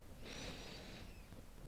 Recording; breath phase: one breath near a microphone; inhalation